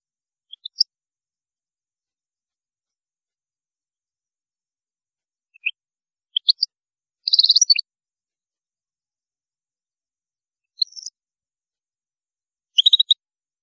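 European goldfinch song: short scattered bursts of high tinkling twitters and chirps, separated by long silent gaps.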